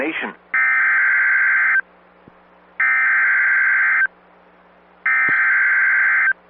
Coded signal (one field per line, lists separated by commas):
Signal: Emergency Alert System (SAME) tones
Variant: header bursts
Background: speech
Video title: (EAS #7) SVR From NWS Chicago